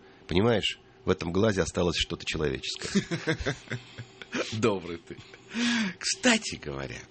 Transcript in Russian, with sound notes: - «Понимаешь, в этом глазе осталось что-то человеческое». (смеется)
Добрый ты. Кстати говоря,